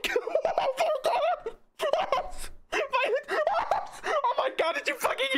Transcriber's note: laughs hysterically